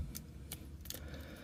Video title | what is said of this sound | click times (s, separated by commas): Another Examacs plan, eh? This special forces 30 minute mission kits really has a lot going for it! | snaps right in um the shoulder is typical of the 30 minute missions | 0.9 s